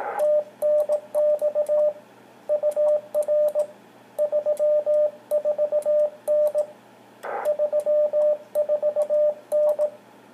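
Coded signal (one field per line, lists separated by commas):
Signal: Morse code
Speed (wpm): 18 wpm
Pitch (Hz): 660 Hz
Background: radio noise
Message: TNX UR 34N 34N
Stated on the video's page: CW heard on the 14 MHz band, open all night over the pole.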